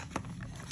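A child pushes a plastic toy railway or construction track piece onto its adjoining piece, making brief plastic taps and scrapes around 0.2, 0.3, 0.4 and 0.7 seconds. The piece has not snapped on, and nothing has seated or clicked yet.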